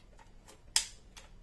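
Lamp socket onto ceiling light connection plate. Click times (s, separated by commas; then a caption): 0.8 s. A plastic lamp socket is pushed onto its ceiling light connection plate and snaps home with one sharp click at 0.8 s, followed by fainter small ticks around it. The socket is seated on the plate.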